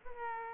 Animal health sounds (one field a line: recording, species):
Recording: mosquito wingbeat signal from an infrared sensor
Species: Aedes aegypti